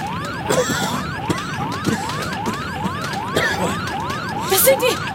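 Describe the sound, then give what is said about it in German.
The smoke detectors of a burning house wail in rapid, steady up-and-down sweeps, shrill and continuous, over a background of faint voices and occasional bumps. “Das sind die Rauchdetektoren.”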